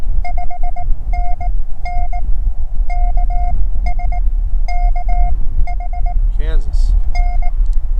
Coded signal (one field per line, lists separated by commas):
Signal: Morse code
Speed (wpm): 17 wpm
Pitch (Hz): 720 Hz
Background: speech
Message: 5NN KS KHN